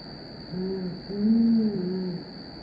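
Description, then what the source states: Brown fish owl hoots: a brief low hoot, pause, then a long booming hoot, and a continuous thin tonal hum throughout. A pair duetting.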